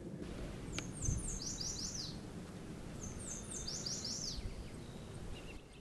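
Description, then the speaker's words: Yellow Warbler song: two quick phrases of high, slurred, sweet notes, the second about two seconds after the first, over a steady low rumble. Male, moved in closer, foraging in willow shrubs around wetlands; song rendered as 'Sweet, Sweet, I'm So Sweet'. "Okay, the yellow warbler has moved in closer. There's a song, Sweet, Sweet, I'm So Sweet."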